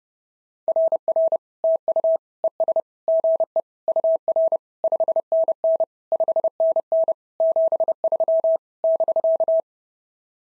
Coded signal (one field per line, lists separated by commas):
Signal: Morse code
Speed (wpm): 28 wpm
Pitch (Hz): 660 Hz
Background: none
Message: RR TU ES GE UR 5NN 5NN 73 <BK>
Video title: SOTA QSO Practice 30wpm